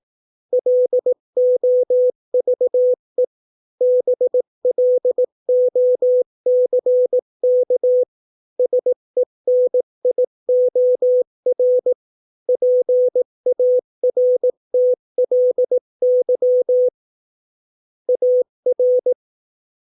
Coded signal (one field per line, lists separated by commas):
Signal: Morse code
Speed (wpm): 18 wpm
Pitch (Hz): 500 Hz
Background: none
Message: LOVE BLOCK SENIOR PARTLY AR